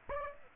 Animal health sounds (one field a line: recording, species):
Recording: mosquito wingbeat signal from an infrared sensor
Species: Aedes aegypti